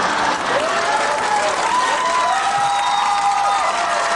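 Swan calls: many overlapping nasal, honking notes from a flock, bending up and down in pitch, over a constant loud rushing noise.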